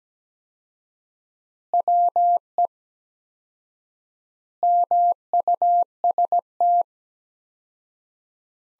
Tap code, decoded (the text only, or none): none